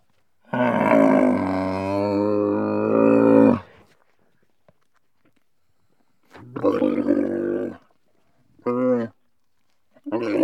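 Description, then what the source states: Camel giving a long, rough, droning groan of about three seconds, then shorter gurgling grunts after a pause. Camel described as cranky.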